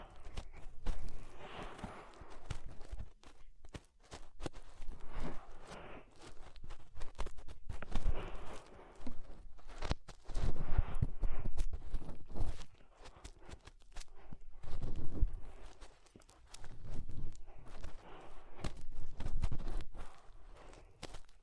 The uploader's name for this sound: Inner Ear Cleaning Using Fingers